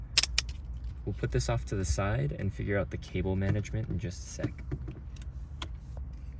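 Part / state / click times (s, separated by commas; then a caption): dash cam into its adhesive windshield mount / seated / 0.4 s. A BlackVue dash cam body slides into its plastic adhesive windshield mount and clicks into place at 0.4 s, seating so it can rotate a full 360 degrees. A few more sharp handling clicks follow, and then someone talks over quieter handling sounds for the rest of the clip.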